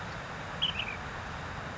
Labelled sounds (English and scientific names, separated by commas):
Ash-throated Flycatcher (Myiarchus cinerascens)